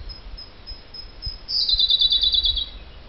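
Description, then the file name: Siberian blue robin singing: a few thin high notes lead into a fast, shimmering, slightly descending trill about one second long, over a quiet low hum. "canto do pisco azul siberiano"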